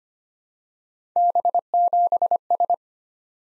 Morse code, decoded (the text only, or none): B7S